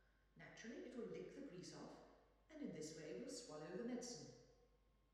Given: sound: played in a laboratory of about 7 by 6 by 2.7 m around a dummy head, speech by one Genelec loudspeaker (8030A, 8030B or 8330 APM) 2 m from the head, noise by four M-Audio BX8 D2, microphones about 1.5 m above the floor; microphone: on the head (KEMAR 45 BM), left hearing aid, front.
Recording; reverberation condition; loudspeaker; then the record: female speech in English; high; in front (0 degrees)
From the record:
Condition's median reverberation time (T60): about 1300 ms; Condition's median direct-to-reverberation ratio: about -4.0 dB